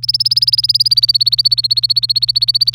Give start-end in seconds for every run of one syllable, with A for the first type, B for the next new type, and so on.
0.03-2.74 A